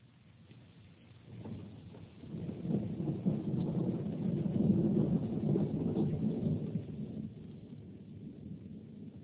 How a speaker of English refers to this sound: It's raining. And it's windy.